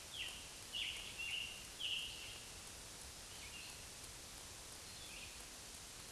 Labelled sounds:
Scarlet Tanager (Piranga olivacea) song
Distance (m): 40 m
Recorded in a Pennsylvania forest on 1 June 2023 at 08:07
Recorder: AudioMoth, point grid3_13_low
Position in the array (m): 164 m, 140 m

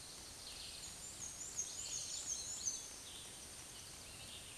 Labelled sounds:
Black-and-white Warbler (Mniotilta varia) song
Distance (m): 50 m
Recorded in a Pennsylvania forest on 20 May 2023 at 06:53
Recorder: AudioMoth, point grid1_28_low
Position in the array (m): 76 m, 120 m

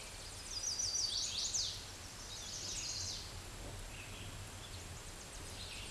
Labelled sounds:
Chestnut-sided Warbler (Setophaga pensylvanica) song
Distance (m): 25 m
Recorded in a Pennsylvania forest on 17 May 2023 at 11:49
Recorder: AudioMoth, point grid1_41_low
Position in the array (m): 110 m, 216 m

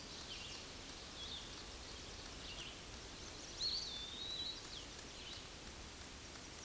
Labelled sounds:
Eastern Wood-Pewee (Contopus virens) song
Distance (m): 30 m
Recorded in a Pennsylvania forest on 18 May 2023 at 08:00
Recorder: AudioMoth, point grid1_32_low
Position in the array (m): 78 m, 142 m

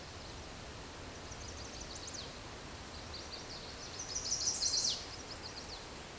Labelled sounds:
Chestnut-sided Warbler (Setophaga pensylvanica) song
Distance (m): 15 m
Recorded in a Pennsylvania forest on 17 May 2023 at 14:14
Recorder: AudioMoth, point grid1_20_low
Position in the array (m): 74 m, 217 m

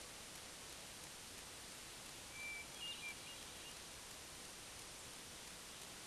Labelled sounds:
Hermit Thrush (Catharus guttatus) song
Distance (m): 40 m
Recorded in a Pennsylvania forest on 3 June 2023 at 07:42
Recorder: AudioMoth, point grid3_29_high
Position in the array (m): 7 m, 85 m

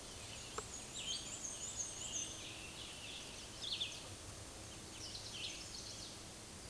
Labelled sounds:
Black-and-white Warbler (Mniotilta varia) song
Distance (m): 15 m
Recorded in a Pennsylvania forest on 19 May 2023 at 10:15
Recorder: AudioMoth, point grid1_28_low
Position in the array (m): 63 m, 63 m

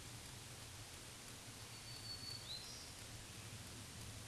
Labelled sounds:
Black-throated Green Warbler (Setophaga virens) song
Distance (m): 60 m
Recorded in a Pennsylvania forest on 1 June 2023 at 08:45
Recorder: AudioMoth, point grid3_19_high
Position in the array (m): 166 m, 241 m

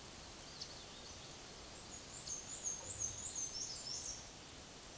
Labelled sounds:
Black-and-white Warbler (Mniotilta varia) song
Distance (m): 25 m
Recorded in a Pennsylvania forest on 18 May 2023 at 13:59
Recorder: AudioMoth, point grid1_28_low
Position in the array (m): 90 m, 92 m

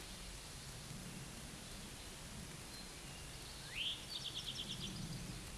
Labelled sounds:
Eastern Towhee (Pipilo erythrophthalmus) song
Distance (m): 75 m
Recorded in a Pennsylvania forest on 17 May 2023 at 13:57
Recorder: AudioMoth, point grid1_34_low
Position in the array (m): 137 m, 116 m

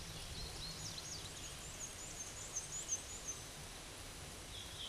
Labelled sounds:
Black-and-white Warbler (Mniotilta varia) song
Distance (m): 70 m
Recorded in a Pennsylvania forest on 19 May 2023 at 13:22
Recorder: AudioMoth, point grid1_10_low
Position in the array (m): 28 m, 62 m

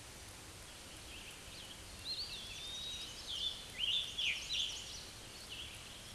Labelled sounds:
Scarlet Tanager (Piranga olivacea) song
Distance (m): 35 m
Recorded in a Pennsylvania forest on 19 May 2023 at 10:26
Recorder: AudioMoth, point grid1_31_low
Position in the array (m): 182 m, 84 m

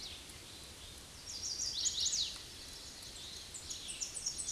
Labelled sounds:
Chestnut-sided Warbler (Setophaga pensylvanica) song
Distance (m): 25 m
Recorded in a Pennsylvania forest on 18 May 2023 at 09:05
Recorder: AudioMoth, point grid1_16_low
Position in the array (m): 213 m, 132 m

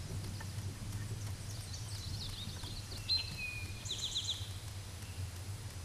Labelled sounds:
Eastern Towhee (Pipilo erythrophthalmus) song
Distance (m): 20 m
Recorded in a Pennsylvania forest on 17 May 2023 at 13:26
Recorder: AudioMoth, point grid1_32_low
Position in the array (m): 111 m, 106 m

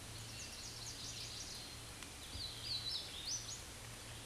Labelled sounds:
Hooded Warbler (Setophaga citrina) song
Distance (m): 40 m
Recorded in a Pennsylvania forest on 18 May 2023 at 12:59
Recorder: AudioMoth, point grid1_31_low
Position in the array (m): 157 m, 130 m

